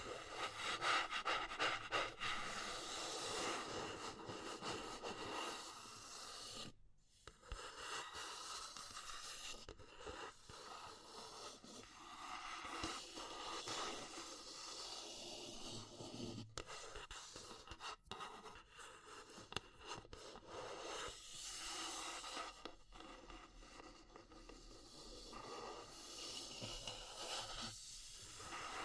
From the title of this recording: Natural Triggers Wood, Bamboo and Straw